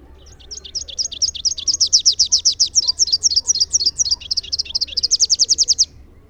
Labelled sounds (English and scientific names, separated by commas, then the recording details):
Rufous-capped Warbler (Basileuterus rufifrons) song
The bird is a male
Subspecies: rufifrons
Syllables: 53
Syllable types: 8
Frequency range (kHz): 2.3-6.9 kHz
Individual MO-R01-M